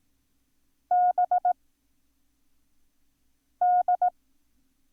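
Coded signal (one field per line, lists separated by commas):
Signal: Morse code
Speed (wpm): 18 wpm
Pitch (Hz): 720 Hz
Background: none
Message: B D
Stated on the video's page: Morse code lesson introducing the letters B, Z and V.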